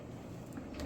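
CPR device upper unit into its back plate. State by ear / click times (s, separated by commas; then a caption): not seated / none. The upper unit of a LUCAS mechanical chest compression (CPR) device is being handled into position to clip onto its back plate on each side. There is a steady low rumble of handling noise that grows slightly louder toward the end. Nothing has seated or clicked yet.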